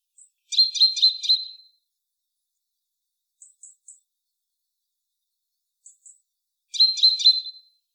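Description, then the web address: Great tit call, a harsh buzzy chatter of quick repeated notes, given twice about six seconds apart, with soft high ticking notes in the pause. "SETE data Parus major"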